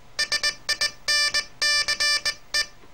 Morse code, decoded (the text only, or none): SINCE